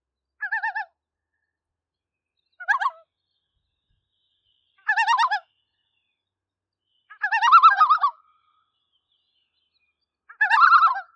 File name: Common Loon